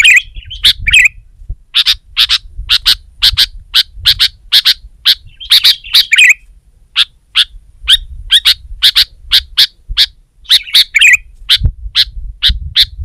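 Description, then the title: Sooty-headed bulbul with a steady series of crisp, clicky chirps, broken by brief twisting squeaky phrases; faint low rumble underneath. "kutilang"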